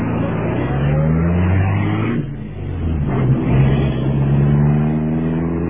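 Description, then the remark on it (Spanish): A luxury car's engine hums steadily, dips briefly, then revs up again with rising harmonic whine as the car pulls away through dark alleys, loud and continuous throughout. “Abordaron un lujoso automóvil.”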